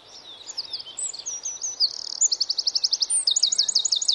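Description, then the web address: Eurasian wren song: a loud, high, rushing outpouring of tinkling notes that breaks into rapid rattling trills in the second half, with a faint background hiss. "Bird Song Site Wren - Roitelet"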